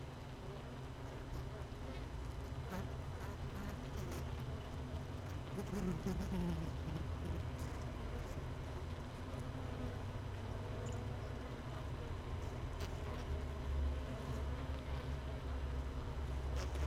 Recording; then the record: honeybee colony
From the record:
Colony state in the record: missing queen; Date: 31 May 2018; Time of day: 17:10